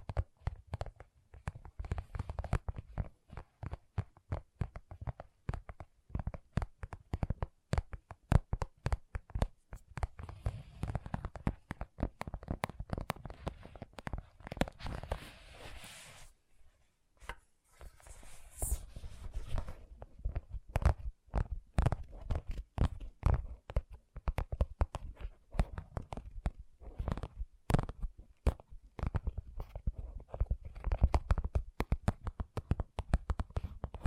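Gentle tapping goes on almost without pause, many quick soft taps with a dull, low body and a light click on top. The pace is fast and uneven, thinning to a brief near-silence around sixteen to seventeen seconds before picking up again.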